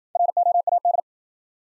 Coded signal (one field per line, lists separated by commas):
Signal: Morse code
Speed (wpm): 53 wpm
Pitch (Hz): 700 Hz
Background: none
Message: ROAD